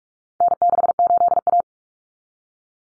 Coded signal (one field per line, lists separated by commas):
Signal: Morse code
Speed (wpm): 44 wpm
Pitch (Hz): 700 Hz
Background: none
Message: N68A